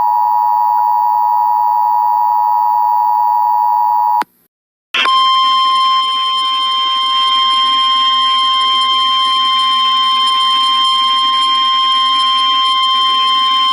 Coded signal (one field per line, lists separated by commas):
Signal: Emergency Alert System (SAME) tones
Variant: 853 and 960 Hz attention tone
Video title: EAS Flash Flood Warning For St. Louis Mo On 08-13-19 Part 2 (TV Screen Custom).